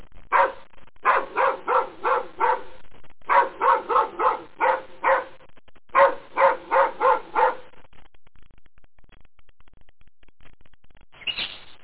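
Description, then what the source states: Dogs barking in rapid runs of sharp, repeated barks, several bursts, then a quieter stretch and a brief final sound. Two dogs.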